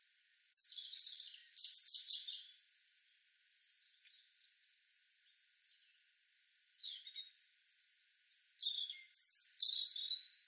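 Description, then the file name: European robin song: two bright warbled phrases near the start, a quiet stretch, then several more high phrases with thin slurred whistles. "Erithacus rubecula"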